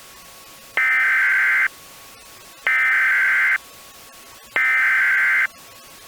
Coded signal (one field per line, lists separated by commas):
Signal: Emergency Alert System (SAME) tones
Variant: header bursts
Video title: EAS Mini Mock: Tornado Warning for Dearborn, MI